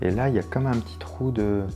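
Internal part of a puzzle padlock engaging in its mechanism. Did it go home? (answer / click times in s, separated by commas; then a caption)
no / none. A man talks while working a puzzle padlock, finding a small hole where an internal part goes, with music playing underneath. The part is being handled and has not yet engaged or seated; nothing has clicked into place yet.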